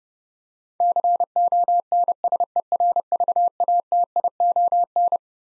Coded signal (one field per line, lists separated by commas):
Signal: Morse code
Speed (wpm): 30 wpm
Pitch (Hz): 700 Hz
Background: none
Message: CONSERVATION